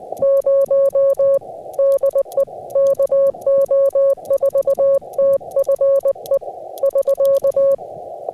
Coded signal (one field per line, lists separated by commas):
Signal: Morse code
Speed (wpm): 20 wpm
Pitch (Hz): 550 Hz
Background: music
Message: 0 DE KO4TFE <SK>